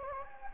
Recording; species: mosquito wingbeat signal from an infrared sensor; Anopheles gambiae